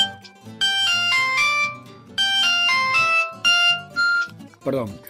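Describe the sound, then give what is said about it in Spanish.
A mobile phone rings with a bright, melodic electronic tune, playing several bursts of steady synthesized notes separated by short pauses, followed by a brief falling sweep at the end. “Y de pronto, suena el celular avisando que ahí nomás está pasando un camión con cianuro.”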